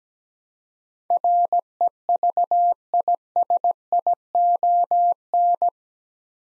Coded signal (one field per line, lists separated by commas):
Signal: Morse code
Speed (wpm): 17 wpm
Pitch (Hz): 700 Hz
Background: none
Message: REVISION